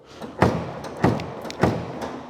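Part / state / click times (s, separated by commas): bonnet latch pin into bonnet catch / not seated / none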